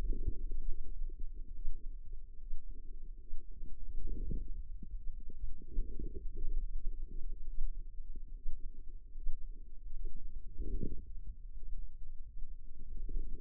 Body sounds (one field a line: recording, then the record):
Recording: forearm muscle sounds (acoustic myography)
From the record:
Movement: wrist flexion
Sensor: system 2, bracelet of six BSWA MPA416 microphones around the upper forearm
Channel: 1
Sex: female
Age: 25 years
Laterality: right